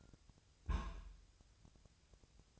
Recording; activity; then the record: daily activity, microphone in the room; place on stove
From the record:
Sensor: 2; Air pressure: 999.2 hPa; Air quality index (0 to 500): 197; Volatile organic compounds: 28 ppm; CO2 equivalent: 2917 ppm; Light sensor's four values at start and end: 6/15/6/6 and 6/15/6/6